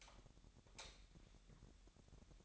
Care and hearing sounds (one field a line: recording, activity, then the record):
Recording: daily activity, microphone in the room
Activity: light off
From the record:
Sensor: 3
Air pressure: 1011.9 hPa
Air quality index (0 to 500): 227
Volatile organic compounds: 4 ppm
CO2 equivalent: 1685 ppm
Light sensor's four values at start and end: 15/38/16/16 and 13/31/13/13